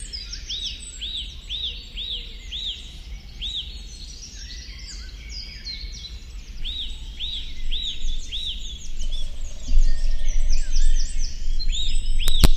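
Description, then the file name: Eurasian nuthatch calls: clear arched whistled notes repeated about three times a second in long runs, over a steady low rumble. "Sitta europaea"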